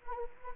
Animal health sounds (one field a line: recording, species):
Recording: mosquito wingbeat signal from an infrared sensor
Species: Anopheles gambiae